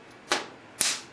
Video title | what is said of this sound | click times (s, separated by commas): Savage 69RXL series E Assembly (2of2) | it snapped right in. | 0.8 s